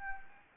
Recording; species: mosquito wingbeat signal from an infrared sensor; Anopheles gambiae